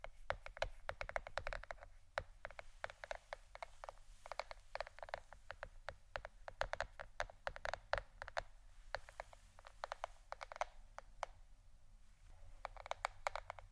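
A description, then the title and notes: Quick, sharp taps come in dense irregular bursts throughout, each a short bright click, with brief pauses near two, eight and twelve seconds. Underneath sits a steady low hum that runs the whole way. ASMR Pure Tapping （No Talking）.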